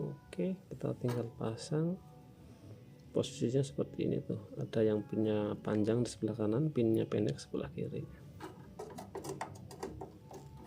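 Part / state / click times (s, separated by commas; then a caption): RAM module into motherboard memory slot / not seated / none. A RAM module is lined up in a motherboard memory slot, oriented with the long pins on the right and the short pins on the left, before being pressed home. Someone talks for most of the clip, then small handling ticks are heard around 9.0 to 9.8 seconds. Nothing has seated or clicked yet.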